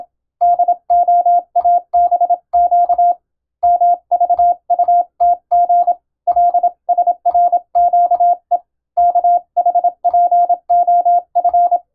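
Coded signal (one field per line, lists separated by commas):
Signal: Morse code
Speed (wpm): 26 wpm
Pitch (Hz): 700 Hz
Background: none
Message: DOABQ MVUTG LSRQE KHPOF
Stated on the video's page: Morse code receiving practice for amateur radio using European-language telegram sending practice text.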